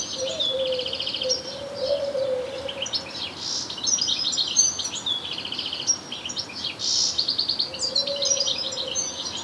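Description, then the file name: European goldfinch song: rapid liquid twitters and buzzy trills in continuous high-pitched runs, with an intermittent low hum underneath. "Carduelis carduelis"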